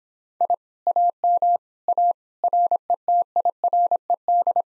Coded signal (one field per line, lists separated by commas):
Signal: Morse code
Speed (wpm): 26 wpm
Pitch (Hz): 700 Hz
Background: none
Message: I AM A RETIRED